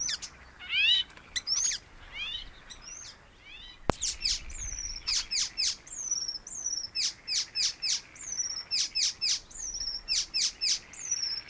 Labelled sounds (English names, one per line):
Icterine Warbler song